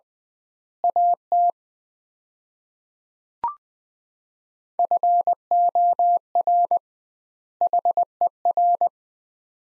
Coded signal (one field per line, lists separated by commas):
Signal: Morse code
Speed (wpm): 20 wpm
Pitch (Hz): 700 Hz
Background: none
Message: AT FOR HER